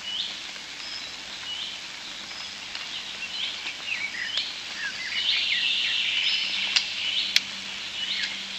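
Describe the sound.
European starlings giving many overlapping chirps and wheezy notes, the chatter growing busier halfway through, with a couple of sharp clicks.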